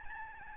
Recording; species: mosquito wingbeat signal from an infrared sensor; Aedes albopictus